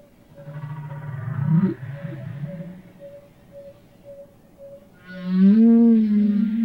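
Humpback whale song: a low moaning unit wavering near the bottom, then a faint pulsed tone repeating, then a louder rich moan with stacked harmonics rising slightly and holding.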